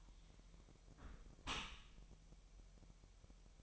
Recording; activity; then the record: daily activity, microphone in the room; close dishwasher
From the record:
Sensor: 1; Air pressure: 1000.7 hPa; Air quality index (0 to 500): 248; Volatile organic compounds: 145 ppm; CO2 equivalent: 4002 ppm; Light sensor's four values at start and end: 12/28/11/12 and 12/28/11/12